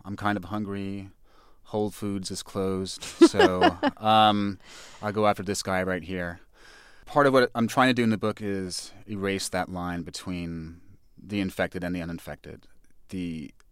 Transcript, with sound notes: I'm kind of hungry. Whole Foods is closed, so...
(LAUGHTER)
...I go after this guy right here. Part of what I'm trying to do in the book is erase that line between the infected and the uninfected.